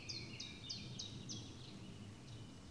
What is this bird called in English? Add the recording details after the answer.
Eurasian Blackcap. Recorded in Germany. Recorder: ecoPi